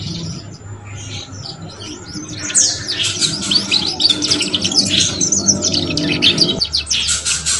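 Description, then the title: Canary song: a quiet start, then from about two and a half seconds a dense stream of rapid, high chirps and trills over a steady low hum. Belgian canary song used to stimulate young canaries to start singing and chirping quickly. "Canto Para Esquentar Canário Belga. SUARA KENARI PAUD CUIT CUIT BELAJAR BUNYI - pancingan kenari paud muda agar cepat bunyi dan ngeriwik"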